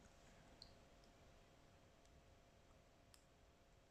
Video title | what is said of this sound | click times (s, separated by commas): Focus #PixelHobby : je vous dis tout ! | Puis le petit clic, je vais arrêter de parler quand je vais enlever le pixel, vous allez entendre | 0.6 s, 3.1 s